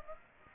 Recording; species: mosquito wingbeat signal from an infrared sensor; Aedes aegypti